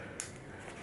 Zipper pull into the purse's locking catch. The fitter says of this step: zip it all the way and then snap it right